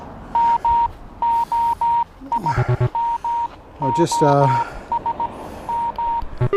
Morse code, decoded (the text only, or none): MOI MOS M